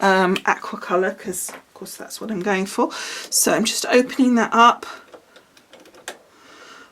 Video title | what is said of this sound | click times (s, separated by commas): Cricut Anna Griffin Floral 3D Card | pop the pen in wait till it clicks | 6.1 s